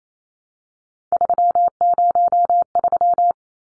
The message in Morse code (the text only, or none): 303